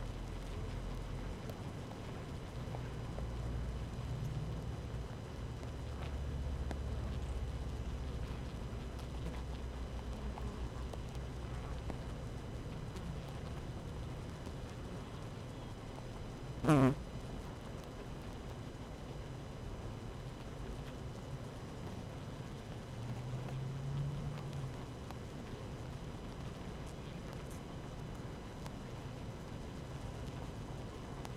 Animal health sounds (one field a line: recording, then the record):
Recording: honeybee colony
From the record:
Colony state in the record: active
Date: 12 June 2018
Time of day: 7:03